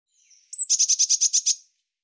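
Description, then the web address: Bird song: a faint drawn-out whistle leads into a sharp high note and a tight trill of eight evenly spaced, high-pitched notes. "Deverinetal"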